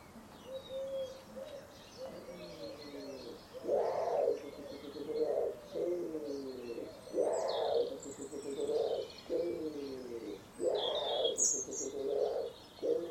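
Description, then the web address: Common wood pigeon cooing: low hoots in phrases repeated several times, with thin high chirps from other birds above. "cianscape. Deverinetal. Bird Only"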